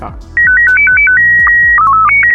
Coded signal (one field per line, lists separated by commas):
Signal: SSTV (slow-scan television)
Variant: Robot 72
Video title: Slow-scan television (SSTV) - SCOUT